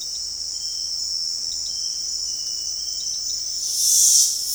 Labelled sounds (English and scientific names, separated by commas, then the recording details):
none
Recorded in dense forest near Puerto Asís, Putumayo, Colombia, on 4 March 2025 at 18:00
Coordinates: 0.499, -76.324
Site GP03